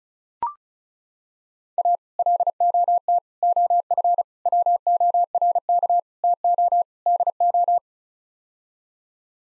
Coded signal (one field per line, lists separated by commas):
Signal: Morse code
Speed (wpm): 34 wpm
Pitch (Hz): 700 Hz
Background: none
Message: A LOT OF WORK TO DO